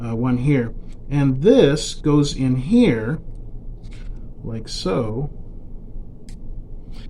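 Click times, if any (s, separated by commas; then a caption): 6.3 s. A small contact module, a phone connector adapter, is fitted into its slot on the base of a DJI Osmo Pocket 2 pocket gimbal camera after a cover is removed. Someone talks in the first half of the clip. A short, sharp click follows at 6.3 s as the adapter locks into place.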